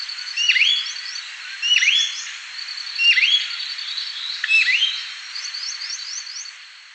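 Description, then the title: Bird song of four swooping, down-slurred whistled phrases at a steady pace, with thin high twitters above and a steady high ringing tone throughout. "LuckyPassaro Completos2Sama"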